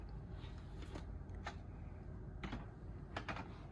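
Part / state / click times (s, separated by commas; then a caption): plastic tail piece into toy dinosaur body / not seated / none. A plastic tail piece is pushed into the body of a large Jurassic World: Camp Cretaceous Super Colossal Indominus Rex toy dinosaur, making faint plastic taps and rubbing with brief sharper knocks near 2.4, 3.2 and 3.3 seconds. The tail goes in but not all the way, and it has not clicked into place yet.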